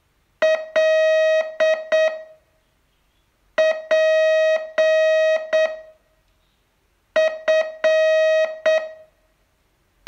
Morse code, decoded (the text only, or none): L P F